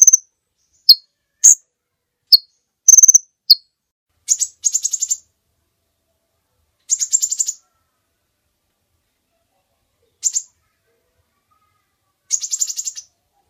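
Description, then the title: Bird giving several sharp high chirps, then a few buzzy, rattling trills separated by long quiet gaps. Master recording used for training songbirds. "Master Burung Jos"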